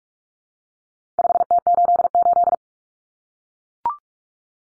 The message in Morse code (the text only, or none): 5T88